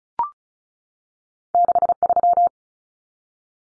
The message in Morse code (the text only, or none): 63